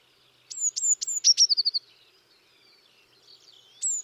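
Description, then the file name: Eurasian blue tit giving a series of high sharp descending notes running into a short fast trill, then a quiet pause and one more high note. "Cyanistes caeruleus"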